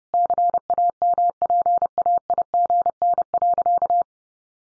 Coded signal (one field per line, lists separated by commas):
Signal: Morse code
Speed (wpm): 30 wpm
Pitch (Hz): 700 Hz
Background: none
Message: CAMPAIGN.